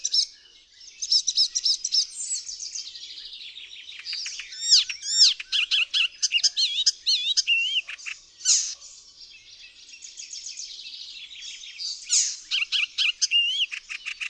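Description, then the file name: Icterine warbler in continuous song, mixing rattling trills, squeaky chirps, grating buzzes and wavering whistled notes at a brisk pace. "ZAGANIACZ"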